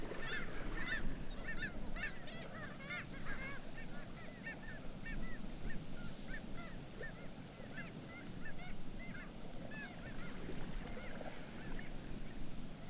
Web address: Black legged kittiwake. صدای-پرنده-کاکایی-پاسیاه